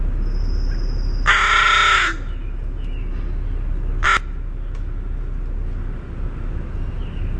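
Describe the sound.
Northern crested caracara, one long harsh rattling call followed by a short clipped rasp; a thin steady whistle from another bird just before.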